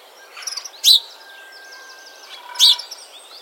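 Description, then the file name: House sparrow calls: two loud, harsh chirps nearly two seconds apart, with soft twittering notes around them. "Passer domesticus"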